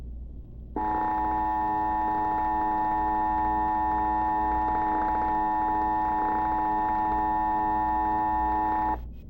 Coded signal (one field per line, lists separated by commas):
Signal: Emergency Alert System (SAME) tones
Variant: 853 and 960 Hz attention tone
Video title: Addams family interrupted by vintage EAS ALERT (Recorded TV VHS)